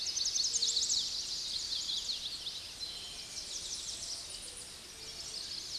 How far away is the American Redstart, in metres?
about 35 m